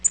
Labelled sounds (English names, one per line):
Tennessee Warbler flight call